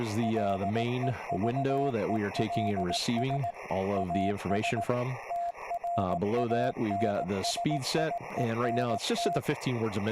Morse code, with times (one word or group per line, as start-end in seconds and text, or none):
0.2-3.5 LEVELS
4.0-4.8 AS
5.3-9.4 TRANSIENT